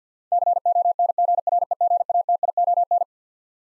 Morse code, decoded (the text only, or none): CONGREGATION